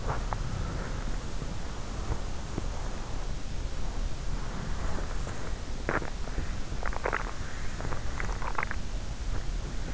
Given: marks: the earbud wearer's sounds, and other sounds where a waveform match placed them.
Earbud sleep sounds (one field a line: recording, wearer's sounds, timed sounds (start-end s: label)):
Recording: sounds in sleep by an in-ear microphone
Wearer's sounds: body movement, swallowing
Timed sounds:
0.00-5.73 s: body movement
5.73-8.81 s: swallowing